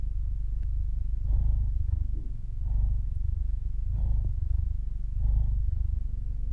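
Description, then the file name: Cat purring, a low continuous rumble that swells in regular breathing cycles. "freesound cat purr"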